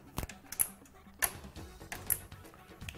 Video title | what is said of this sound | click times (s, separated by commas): How To Build an Awesome $500 Home Server | okay so that's in snapped into place | 0.6 s, 1.2 s, 2.1 s